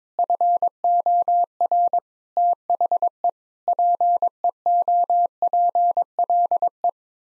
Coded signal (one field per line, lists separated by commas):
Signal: Morse code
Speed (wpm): 22 wpm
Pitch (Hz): 700 Hz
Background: none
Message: FOR THE PEOPLE